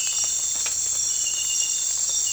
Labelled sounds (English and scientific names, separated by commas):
none